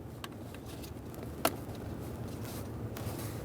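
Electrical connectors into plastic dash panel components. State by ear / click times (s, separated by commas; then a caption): seated / 0.2 s, 1.4 s. Several electrical connectors are lined up and pressed into plastic interior dash panel components while replacing the left main temperature HVAC blend door actuator on a 2007-2013 Acura MDX. A sharp click sounds at 0.2 s and a louder one at 1.5 s, with fainter ticks around 0.6 s, 1.1 s and 3.0 s over low background rumble. Each connector is confirmed seated and secure.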